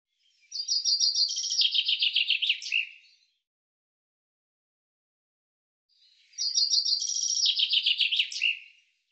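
Common chaffinch delivering two song phrases about six seconds apart, each a rattling cascade of repeated notes sliding lower before a brief emphatic ending.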